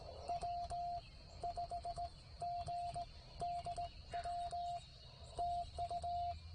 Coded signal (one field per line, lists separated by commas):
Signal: Morse code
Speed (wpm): 18 wpm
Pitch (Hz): 690 Hz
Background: none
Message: W5GDW TU